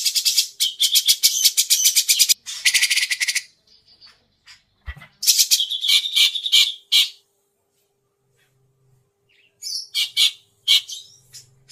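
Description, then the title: Grey-cheeked bulbul song, bursts of fast harsh rattling and chattering notes separated by quiet gaps, ending with scattered sharp notes. Masteran (tutoring) recording of long duration. "Cucak Jenggot Masteran Durasi Panjang"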